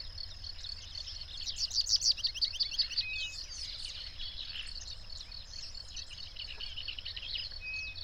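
Birds singing in a busy chorus, one bird giving a quick run of bright repeated high notes near the start, over a steady high hum and low rumble.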